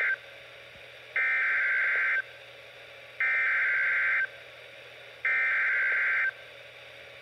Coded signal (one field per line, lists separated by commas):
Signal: Emergency Alert System (SAME) tones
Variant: header bursts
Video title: EAS #570-571 (2x HEADER) NOAA Weather Radio Coastal Flood Warnings #1-2 12/23/22 8:08 AM